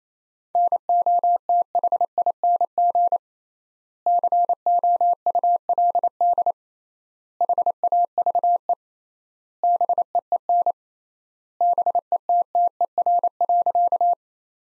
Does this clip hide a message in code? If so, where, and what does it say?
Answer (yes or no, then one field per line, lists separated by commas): yes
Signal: Morse code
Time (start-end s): 0.6-14.1 s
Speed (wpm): 28 wpm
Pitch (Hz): 700 Hz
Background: none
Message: NOTHING COULD HAVE BEEN BETTER.